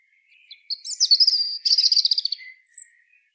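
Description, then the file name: European robin song phrase: thin high whistled notes sliding into a fast, rattling trill, ending with a brief high note and a short low note. "Erithacus rubecula"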